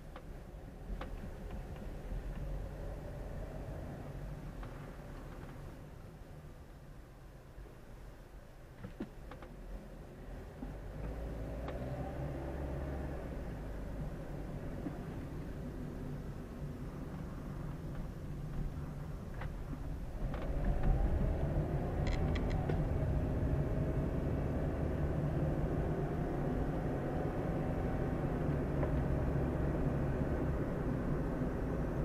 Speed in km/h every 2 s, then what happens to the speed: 7, 11, 11, 5, 3, 9, 17, 21, 20, 12, 15, 24, 31, 36, 40, 43.
4-8 slows to 3. 8-14 speeds up to 21. 16-19 slows to 12. 19-32 speeds up to 43.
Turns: none.